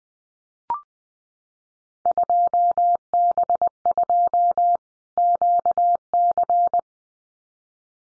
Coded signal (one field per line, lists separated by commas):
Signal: Morse code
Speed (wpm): 20 wpm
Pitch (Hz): 700 Hz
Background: none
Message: 2B2 QC